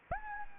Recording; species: mosquito wingbeat signal from an infrared sensor; Anopheles gambiae